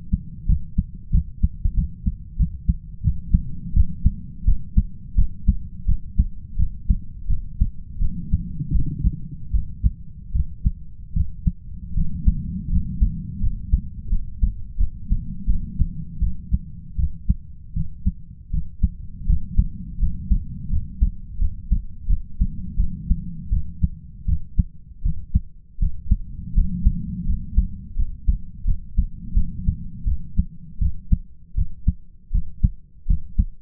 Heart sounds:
heart sounds by stethoscope; 83 bpm
0.47 s: heartbeat
1.12 s: heartbeat
1.75 s: heartbeat
2.37 s: heartbeat
3.02 s: heartbeat
3.74 s: heartbeat
4.45 s: heartbeat
5.16 s: heartbeat
5.86 s: heartbeat
6.57 s: heartbeat
7.28 s: heartbeat
8.00 s: heartbeat
8.73 s: heartbeat
9.52 s: heartbeat
10.33 s: heartbeat
11.14 s: heartbeat
11.95 s: heartbeat
12.70 s: heartbeat
13.41 s: heartbeat
14.10 s: heartbeat
14.78 s: heartbeat
15.47 s: heartbeat
16.20 s: heartbeat
16.97 s: heartbeat
17.74 s: heartbeat
18.51 s: heartbeat
19.27 s: heartbeat
19.99 s: heartbeat
20.70 s: heartbeat
21.39 s: heartbeat
22.07 s: heartbeat
22.77 s: heartbeat
23.50 s: heartbeat
24.26 s: heartbeat
25.03 s: heartbeat
25.79 s: heartbeat
26.54 s: heartbeat
27.26 s: heartbeat
27.96 s: heartbeat
28.65 s: heartbeat
29.34 s: heartbeat
30.05 s: heartbeat
30.79 s: heartbeat
31.55 s: heartbeat
32.32 s: heartbeat
33.07 s: heartbeat
From the record:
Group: healthy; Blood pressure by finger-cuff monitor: 119/69 mmHg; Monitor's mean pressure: 86 mmHg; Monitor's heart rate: 83 bpm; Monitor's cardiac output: 8.1 L/min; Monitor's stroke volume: 98 mL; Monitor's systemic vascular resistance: 760 dyn s/cm5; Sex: male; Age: 33 years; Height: 179 cm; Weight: 80.4 kg

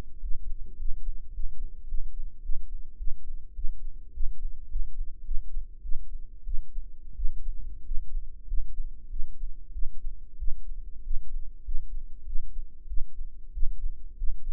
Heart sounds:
heart sounds by microphone in the right ear; 99 bpm
0.20 s: heartbeat
0.77 s: heartbeat
1.32 s: heartbeat
1.86 s: heartbeat
2.41 s: heartbeat
2.96 s: heartbeat
3.53 s: heartbeat
4.12 s: heartbeat
4.68 s: heartbeat
5.23 s: heartbeat
5.81 s: heartbeat
6.43 s: heartbeat
7.14 s: heartbeat
7.83 s: heartbeat
8.45 s: heartbeat
9.08 s: heartbeat
9.71 s: heartbeat
10.37 s: heartbeat
11.02 s: heartbeat
11.63 s: heartbeat
12.24 s: heartbeat
12.86 s: heartbeat
13.52 s: heartbeat
14.15 s: heartbeat
From the record:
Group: healthy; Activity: rest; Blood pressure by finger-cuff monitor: 134/91 mmHg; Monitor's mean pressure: 105 mmHg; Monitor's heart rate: 99 bpm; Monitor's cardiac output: 7 L/min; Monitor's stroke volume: 68 mL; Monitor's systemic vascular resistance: 1120 dyn s/cm5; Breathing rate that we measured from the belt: 18 breaths a minute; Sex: male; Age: 21 years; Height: 180 cm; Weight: 67.5 kg

